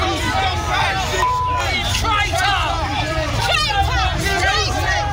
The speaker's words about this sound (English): Yeah, you could clearly hear there a group of people shouting traitor and criticising Sir Keir's record on COVID. And there were some cries of Jimmy Savile as well,